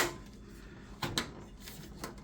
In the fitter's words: You should hear some clicks. There you go.